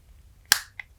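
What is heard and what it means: The clear plastic cockpit canopy of a small Micro Galaxy Squadron Mace Windu's Jedi Interceptor Star Wars toy starfighter is pressed shut over the mini-figure after the figure is pushed further back into the hull. A faint tick leads into a sharp, bright plastic snap at 0.5 s, followed by a smaller click at 0.8 s. The canopy seats closed.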